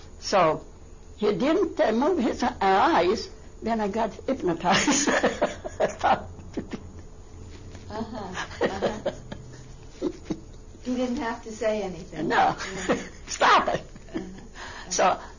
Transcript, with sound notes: So he didn't move his eyes. Then I got hypnotized. I stopped. ( she laughs )
He didn't have to say anything.
No. Stop it.